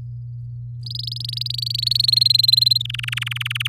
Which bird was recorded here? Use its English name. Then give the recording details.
Domestic Canary. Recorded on 6 May 2018 at 06:07. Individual llb16